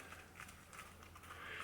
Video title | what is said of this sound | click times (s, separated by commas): AHG Sony WH-1000XM3 ear pad installation | might not hear all of them click in but that's not to say that they aren't in as you can see that is in | 0.4 s, 0.7 s, 1.0 s, 1.2 s